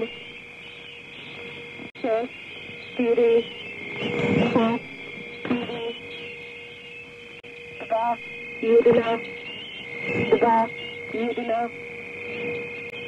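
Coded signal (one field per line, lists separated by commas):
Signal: numbers station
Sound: short spoken words about once a second over a steady whine and radio hum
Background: radio hum and tones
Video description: Soundtrack is a numbers station recording from the Conet Project.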